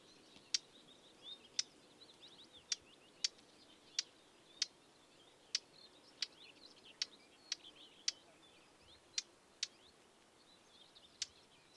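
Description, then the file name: Eurasian blackcap ticking call: many dry clicks repeated roughly every half to one second, over soft bird twitters. "Sylvia atricapilla"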